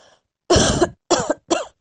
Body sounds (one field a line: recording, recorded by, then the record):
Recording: voluntary cough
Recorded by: messaging app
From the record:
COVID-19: negative